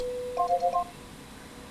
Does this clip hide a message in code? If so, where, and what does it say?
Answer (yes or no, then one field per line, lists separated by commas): no